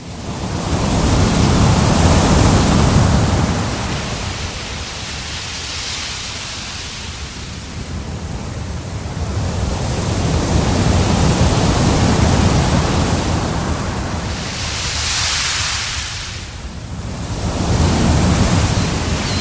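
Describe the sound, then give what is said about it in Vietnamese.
Waves of the East Sea roll in and wash against the shore in slow, repeating swells, a broad hiss of surf rising and falling every few seconds with no voices present. “Trước mặt anh là biển đông bao la bát ngát, từng đợt sóng nối tiếp nhau vỗ vào bờ ì oạp.”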